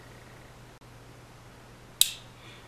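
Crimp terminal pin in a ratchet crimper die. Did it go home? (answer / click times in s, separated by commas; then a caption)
yes / 2.0 s. A hand ratchet crimper is squeezed on a metal terminal pin and wire held in its crimp die, moving from the second to the third ratchet stage. After a low steady hum, a single sharp, bright click at 2.0 s marks the third click, the count this wire needs.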